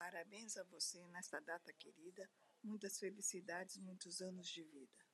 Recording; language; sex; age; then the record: short text; Brazilian Portuguese; female; 60 to 69 years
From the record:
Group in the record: control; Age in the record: 68 years